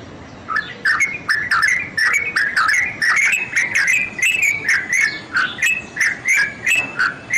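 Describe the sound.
Bird song starting after a brief quiet moment, then fast chattering whistles with clicks in a rapid series.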